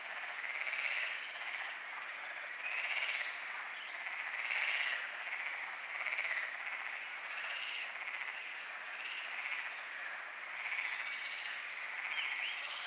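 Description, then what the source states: Frogs in a dense chorus, pulsed croaking notes swelling in repeated bursts, with many callers overlapping throughout. Frogs calling at night at Lagoa do Congro; binaural recording with EQ applied.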